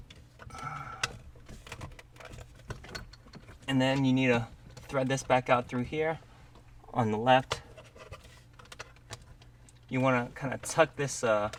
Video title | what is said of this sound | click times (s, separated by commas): BMW 745e 2015-2022 G11 G12 745e 740 750 Accessory Mirror Wire Tap For Dash Cam / Radar Detector | it should snap into place | 1.0 s